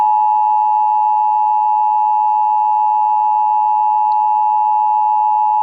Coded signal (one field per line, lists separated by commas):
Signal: Emergency Alert System (SAME) tones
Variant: 853 and 960 Hz attention tone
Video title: [EAS #29] National Periodic Test 9/27/17